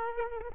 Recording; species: mosquito wingbeat signal from an infrared sensor; Aedes aegypti